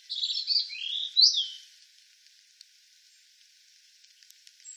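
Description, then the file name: European robin song: one sweet phrase of high warbled notes and a falling slur, followed by quiet with faint clicks. "Erithacus rubecula"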